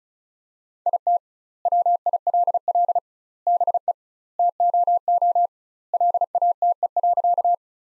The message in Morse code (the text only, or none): IT WILL BE TOO LATE.